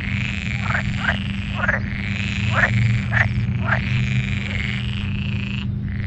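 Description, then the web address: Pool frog calls: sustained buzzy rattles with several sharp pulsed bursts in between, and a constant low hum underneath. Frogs calling in the Tävsmoor moor. "kleinerwasserfrosch. rufen jetzt die froesche im taevsmoor"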